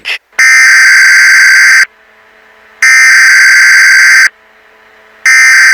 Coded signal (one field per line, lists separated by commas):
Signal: Emergency Alert System (SAME) tones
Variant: header bursts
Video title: ☢️Emergency Alert System(Nuclear Bomb Attack in America‼️WATCH BEFORE THEY DELETE THIS! PREPARE‼️☢️